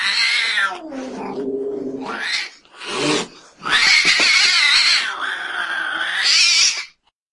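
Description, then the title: Domestic cat meowing: a loud, drawn-out, wailing meow that falls then rises, a short cry, then a long, strained yowling meow that wavers in pitch. The recordist's own pet cat. "kucingku"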